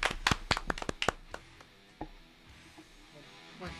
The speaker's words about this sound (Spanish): Un gran aplauso.